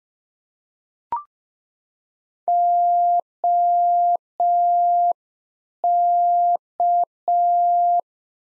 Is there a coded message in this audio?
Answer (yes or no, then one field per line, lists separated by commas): yes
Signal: Morse code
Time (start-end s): 2.5-8.0 s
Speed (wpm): 5 wpm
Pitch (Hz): 700 Hz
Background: none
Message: OK